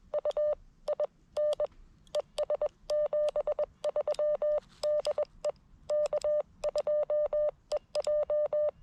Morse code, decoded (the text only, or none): U IN ES 73 DE K2EJ